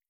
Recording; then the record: hydrophone in a shrimp aquaculture tank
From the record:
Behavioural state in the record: stressed